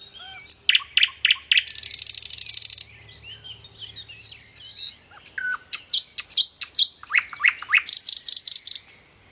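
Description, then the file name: Thrush nightingale song: loud repeated notes, a long dry rattle, then whistles and bursts of rapid repeated notes, separated by short pauses. "canto do rouxinol de tordo"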